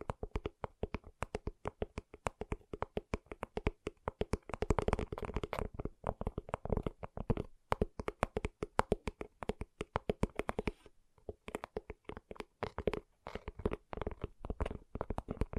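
Gentle tapping in quick, uneven runs of crisp clicks, thickening around five seconds, pausing briefly near eleven seconds, then resuming steadily.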